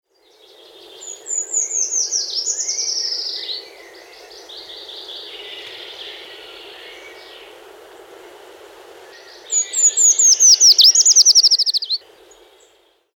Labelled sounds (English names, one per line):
Eurasian Treecreeper